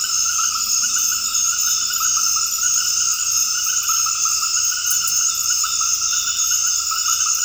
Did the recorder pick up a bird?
no